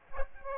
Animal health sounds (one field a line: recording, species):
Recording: mosquito wingbeat signal from an infrared sensor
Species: Aedes aegypti